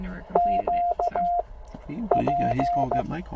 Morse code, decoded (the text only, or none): QP